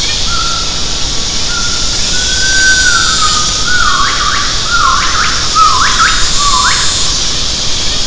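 Gibbon call: long, level whistled hoots slide downward into several sharply rising notes, over strong steady background noise.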